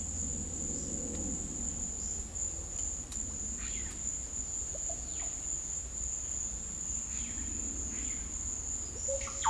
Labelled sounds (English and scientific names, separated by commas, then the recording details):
none
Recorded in secondary vegetation near Puerto Asís, Putumayo, Colombia, on 26 December 2024 at 11:00
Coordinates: 0.488, -76.319
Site GP04